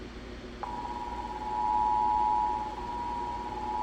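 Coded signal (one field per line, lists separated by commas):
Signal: Emergency Alert System (SAME) tones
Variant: 853 and 960 Hz attention tone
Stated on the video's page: Cancelled Missouri Blue Alert received on WAHC, a Pittsburgh PA station.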